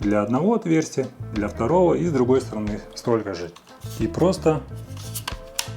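Someone talks while a hard drive is pressed into the tool-less plastic drive tray of a Ugreen DXP4800 Plus NAS, so the tray's small pins enter the drive's screw holes. Two short, sharp clicks at 5.3 s and 5.6 s show the drive has seated in the tray.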